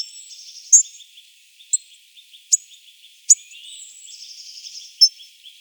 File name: hawfinch